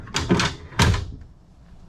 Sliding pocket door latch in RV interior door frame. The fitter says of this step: it locks in place when it gets to the end here and it also locks back into place when you get it